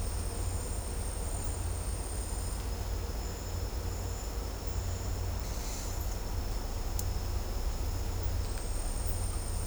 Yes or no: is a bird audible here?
no